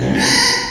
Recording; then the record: squeal of a Yucatan mini pig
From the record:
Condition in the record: before surgery on the right vocal fold (resection and tissue-engineered implant); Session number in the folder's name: 2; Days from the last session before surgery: 0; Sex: male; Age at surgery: 12 weeks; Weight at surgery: 13 kg